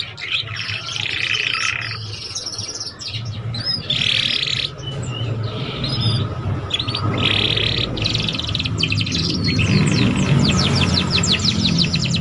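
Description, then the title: Belgian canary song of rolling trills and sharp chirps over a steady low rumbling background noise. Belgian canary song played to warm up young canaries and stimulate them to start singing and chirping quickly. "Canto Para Esquentar Canário Belga. SUARA KENARI PAUD CUIT CUIT BELAJAR BUNYI - pancingan kenari paud muda agar cepat bunyi dan ngeriwik"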